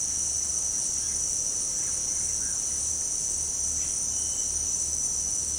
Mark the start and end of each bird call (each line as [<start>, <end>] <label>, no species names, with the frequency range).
[1.21, 2.62] bird call (0.8-2.9 kHz)